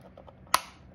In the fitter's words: you want to hear that clicking sound